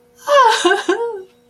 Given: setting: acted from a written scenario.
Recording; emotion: vocal sound without words; pride